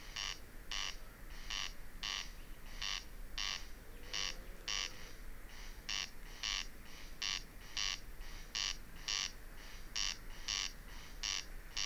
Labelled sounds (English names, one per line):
Corn Crake